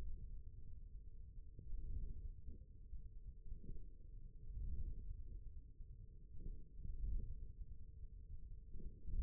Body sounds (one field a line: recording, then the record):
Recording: forearm muscle sounds (acoustic myography)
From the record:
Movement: ulnar deviation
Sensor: system 1, eight BSWA MPA416 microphones around the upper forearm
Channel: 2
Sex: male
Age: 41 years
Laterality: right